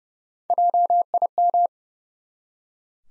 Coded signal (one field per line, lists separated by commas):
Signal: Morse code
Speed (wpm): 32 wpm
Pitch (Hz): 700 Hz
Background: none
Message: JIM